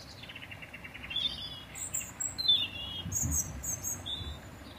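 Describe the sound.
Birds calling: thin, very high chirps and short twittering phrases over a steady low background hum.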